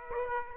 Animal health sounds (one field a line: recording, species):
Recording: mosquito wingbeat signal from an infrared sensor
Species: Aedes aegypti